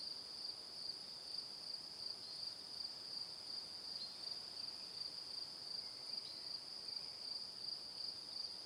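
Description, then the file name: Crickets trilling together in an unbroken high chorus, their pulses repeating nearly three times a second over a quiet background hiss. Crickets in the evening. "Calm - Evening Crickets"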